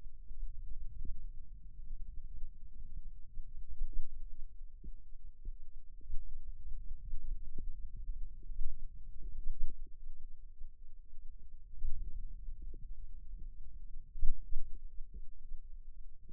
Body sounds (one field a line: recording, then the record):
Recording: forearm muscle sounds (acoustic myography)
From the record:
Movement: hand opening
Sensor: system 2, bracelet of six BSWA MPA416 microphones around the upper forearm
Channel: 1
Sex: female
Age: 22 years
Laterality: right